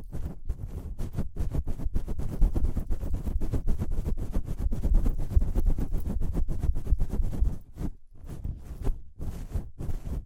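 Rapid scratching and tapping, like ear cleaning, runs in a dense, busy stream of short rubbing strokes with a heavy, muffled low end. The strokes stay steady for about seven seconds, then break up near the eight- and nine-second marks with brief pauses between bursts.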